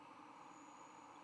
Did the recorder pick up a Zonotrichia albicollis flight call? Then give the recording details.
no. No flight call is heard. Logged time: 10:33 on 10 November 2014